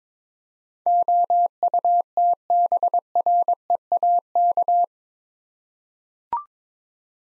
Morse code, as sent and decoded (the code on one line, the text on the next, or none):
--- ..- - -... .-. . .- -.-
OUTBREAK